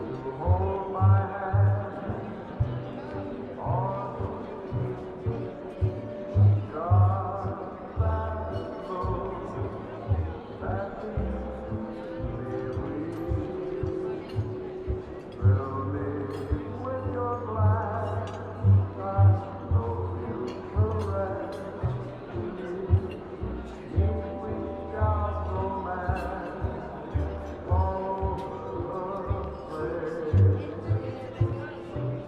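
Old-fashioned music plays in a coffee shop with a steady, thumping bass beat and warm sustained chords, while light talking murmurs underneath.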